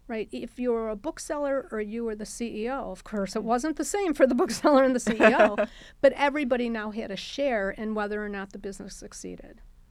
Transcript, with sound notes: If you were a bookseller or you were the CEO, of course, it wasn't the same for the bookseller and the CEO, [LAUGHTER] but everybody now had a share in whether or not the business succeeded.